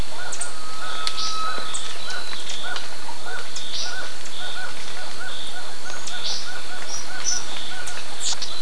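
Bird calls: a steady series of short notes, with brief high notes scattered above, all over constant noise.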